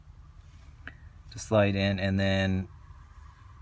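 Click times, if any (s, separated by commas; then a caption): 0.9 s. A pin is re-inserted and the locking collar is slid back onto a Subaru ECU harness connector, going in at an angle so the locking teeth slide in. One faint, sharp click is heard at 0.9 s as the collar seats back into place, followed by someone talking.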